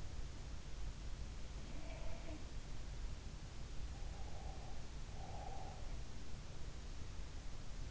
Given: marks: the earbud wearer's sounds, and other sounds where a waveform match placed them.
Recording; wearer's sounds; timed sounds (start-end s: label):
sounds in sleep by an in-ear microphone; breath
1.52-2.64 s: sound from someone else or the room
3.82-5.92 s: breath